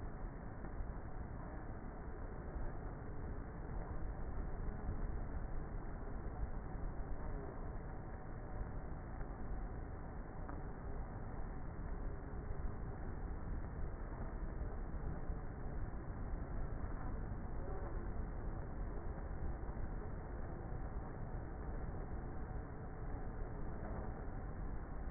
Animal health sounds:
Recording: honeybee colony, microphone inside the hive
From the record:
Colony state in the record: queenless with a low population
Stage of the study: before two queens were removed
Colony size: about 30,000 bees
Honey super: no

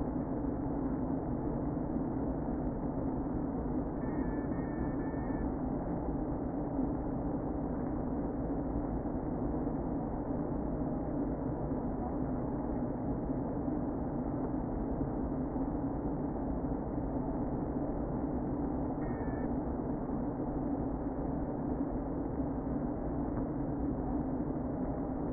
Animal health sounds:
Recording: honeybee colony, microphone inside the hive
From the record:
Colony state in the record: queen present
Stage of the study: before two queens were removed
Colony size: about 60,000 bees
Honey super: yes

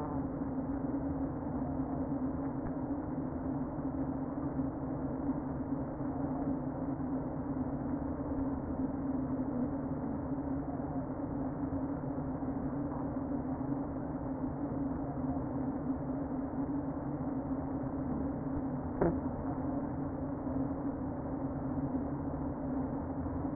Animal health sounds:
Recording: honeybee colony, microphone inside the hive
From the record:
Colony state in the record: queen present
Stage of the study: before two queens were removed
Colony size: about 60,000 bees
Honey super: yes

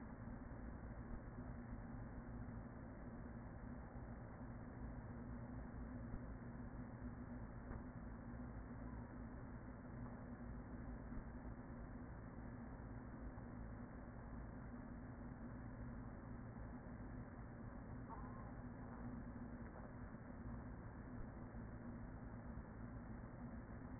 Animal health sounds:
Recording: honeybee colony, microphone inside the hive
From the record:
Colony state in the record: queen present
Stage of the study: after two queens were removed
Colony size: about 40,000 bees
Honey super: no

